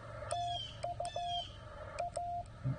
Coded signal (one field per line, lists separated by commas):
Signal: Morse code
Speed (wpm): 16 wpm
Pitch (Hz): 700 Hz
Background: radio noise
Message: TU A